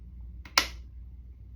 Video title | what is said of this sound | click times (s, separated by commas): My 60lbs WEIGHT LOSS ON MOUNJARO 20 WKS IN. | Press it right in my skin. You're going to hear a click. | 0.5 s, 0.6 s